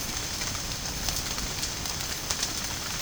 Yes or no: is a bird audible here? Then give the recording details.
no. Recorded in dense forest near Puerto Asís, Putumayo, Colombia, on 25 June 2025 at 14:00. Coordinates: 0.486, -76.317. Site G065